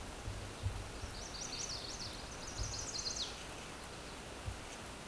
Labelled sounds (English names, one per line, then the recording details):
Chestnut-sided Warbler song
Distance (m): 30 m
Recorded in a Pennsylvania forest on 17 May 2023 at 14:14
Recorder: AudioMoth, point grid1_37_low
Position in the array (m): 74 m, 217 m